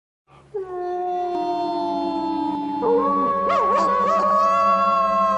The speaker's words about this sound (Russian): И верно, вдали в лесу завыли волки. А Андрей уже научился то ли чувствовать, то ли распознавать их голоса и понял — это его волки.